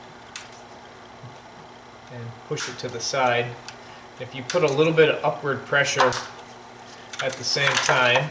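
A 90-degree pick catches the end of a plastic retaining clip on the wiring harness channel over the valve cover of a BMW 3 or 5 Series N51/N52 engine and slides it aside. A sharp little click at 0.4 s marks the clip snapping open and releasing, the same click the previous clip gave. Someone talks throughout.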